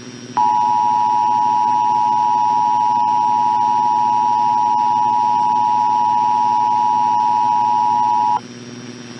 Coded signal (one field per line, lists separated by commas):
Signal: Emergency Alert System (SAME) tones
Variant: 853 and 960 Hz attention tone